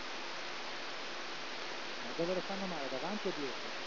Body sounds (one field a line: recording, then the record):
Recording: brain microelectrode recording played as sound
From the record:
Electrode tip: outside the subthalamic nucleus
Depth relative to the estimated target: -6 mm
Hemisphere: left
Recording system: AlphaMap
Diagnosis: Parkinson's disease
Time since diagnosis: 13 years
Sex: male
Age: 63 years